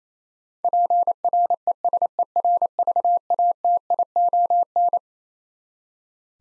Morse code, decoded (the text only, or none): PRESERVATION